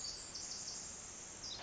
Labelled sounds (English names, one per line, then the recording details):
Pacific Wren
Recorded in Sonoma County, California